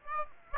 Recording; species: mosquito wingbeat signal from an infrared sensor; Aedes aegypti